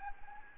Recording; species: mosquito wingbeat signal from an infrared sensor; Anopheles gambiae